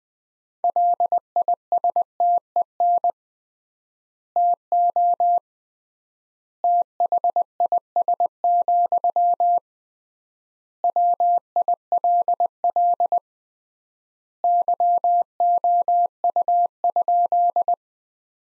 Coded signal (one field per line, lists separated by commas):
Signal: Morse code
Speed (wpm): 21 wpm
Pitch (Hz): 700 Hz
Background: none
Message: LISTEN TO THIS, WILL YOU?